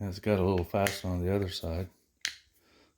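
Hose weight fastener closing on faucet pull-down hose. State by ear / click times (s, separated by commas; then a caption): seated / 2.2 s. Someone talks while a hinged hose weight is closed around the pull-down hose of a kitchen faucet being replaced, and its fastener side is pressed shut. A single sharp snap is heard at 2.3 seconds as the fastener snaps into place, and the clamp is seated. Only faint, low sound follows.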